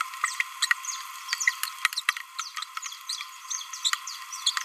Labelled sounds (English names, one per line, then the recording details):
Green-rumped Parrotlet babbling
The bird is a male
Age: 27 days
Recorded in a nest box in Venezuela
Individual 17B31A2